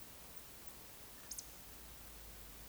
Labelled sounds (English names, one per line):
Eurasian Woodcock whistle
Eurasian Woodcock croak